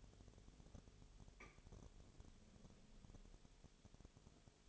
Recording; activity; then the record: daily activity, microphone in the room; no activity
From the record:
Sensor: 4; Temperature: 22.0 degrees Celsius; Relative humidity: 29.6%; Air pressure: 1002.1 hPa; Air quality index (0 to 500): 60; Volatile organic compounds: 1 ppm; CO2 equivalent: 611 ppm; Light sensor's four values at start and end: 2/3/1/1 and 2/3/1/1